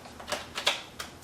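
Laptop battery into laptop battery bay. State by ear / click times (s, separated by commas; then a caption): seated / 0.7 s. A laptop battery is laid into the battery bay of an HP Pavilion laptop, with the clips on its back edge tucked under, and it drops into place. Soft taps and rattles come at about 0.3 and 0.6 s, then the battery latch gives a sharp little click at 0.7 s, followed by a fainter tick at 1.0 s. The battery is seated.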